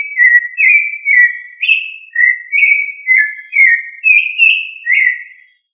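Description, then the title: Thrush song: a continuous run of clear whistled phrases, each slurring up or down, repeating about twice a second with no other sounds. "Familia Turdidae - Sabia"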